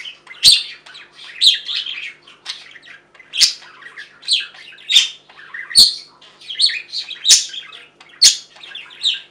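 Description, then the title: Budgerigar chatter with frequent sharp high chirps roughly every second, mixed with buzzy warbled twitters. "Budgie Sounds"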